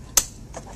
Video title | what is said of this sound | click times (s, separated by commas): How to assemble a Graco Lovin' Hug® Infant Swing | these will automatically depress press them in until you hear it click there | 0.2 s